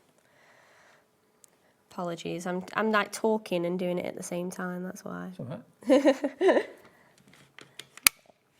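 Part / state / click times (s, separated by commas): sliding index carriage on a craft stamp platform accessory / seated / 8.1 s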